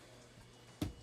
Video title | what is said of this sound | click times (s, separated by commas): Ps5 1200series power supply replacement | It just snaps into place. | 0.8 s